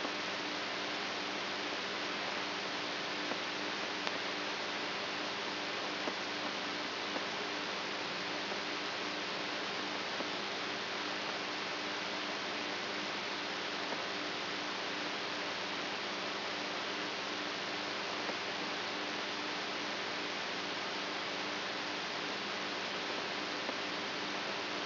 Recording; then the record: brain microelectrode recording played as sound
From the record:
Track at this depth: outside the subthalamic nucleus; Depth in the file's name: 5.909 mm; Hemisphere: right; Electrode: 3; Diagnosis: Parkinson's disease